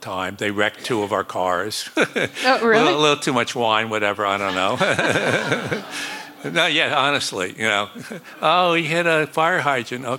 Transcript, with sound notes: They wrecked two of our cars (laughter).
Oh, really?
A little too much wine, whatever. I don't know.
(LAUGHTER)
No, yeah, honestly, you know? Oh, he hit a fire hydrant.